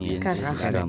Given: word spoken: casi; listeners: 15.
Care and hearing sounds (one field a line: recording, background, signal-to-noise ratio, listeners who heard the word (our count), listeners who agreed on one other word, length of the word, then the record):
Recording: one Spanish word in noise, from a listening test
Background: four-talker babble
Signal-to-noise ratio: -0.8 dB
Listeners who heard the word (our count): 1 of 15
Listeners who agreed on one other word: 13 of 15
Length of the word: 0.49 s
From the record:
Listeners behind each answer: 13, 1, 1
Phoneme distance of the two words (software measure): 10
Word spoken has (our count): 2 syllables, 4 phonemes, stress on syllable 1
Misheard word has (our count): 2 syllables, 4 phonemes, stress on syllable 1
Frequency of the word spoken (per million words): 478.27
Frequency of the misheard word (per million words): 557.58